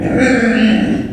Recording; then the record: squeal of a Yucatan mini pig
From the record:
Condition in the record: after surgery on the right vocal fold (resection and tissue-engineered implant); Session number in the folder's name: 3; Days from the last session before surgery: 21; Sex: female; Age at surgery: 19 weeks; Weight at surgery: 25 kg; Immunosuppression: prednisolone